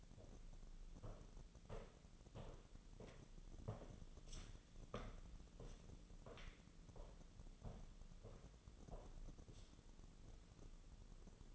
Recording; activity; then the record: daily activity, microphone in the room; walk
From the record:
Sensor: 4